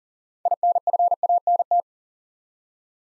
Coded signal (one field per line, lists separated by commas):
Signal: Morse code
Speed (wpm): 38 wpm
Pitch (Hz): 700 Hz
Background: none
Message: INFANT